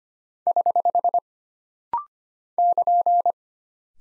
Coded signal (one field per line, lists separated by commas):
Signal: Morse code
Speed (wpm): 25 wpm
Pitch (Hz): 700 Hz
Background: none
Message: <HH> <KN>